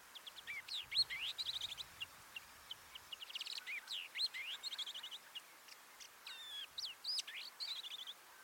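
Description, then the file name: Long-tailed shrike in a busy, varied song of chattering, rattling and whistled phrases delivered almost continuously. "Ruud van Beusekom - Dlinnohvostyj sorokoput Lanius schach"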